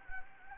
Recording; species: mosquito wingbeat signal from an infrared sensor; Anopheles gambiae